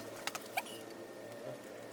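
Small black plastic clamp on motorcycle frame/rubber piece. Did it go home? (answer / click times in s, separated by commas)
no / none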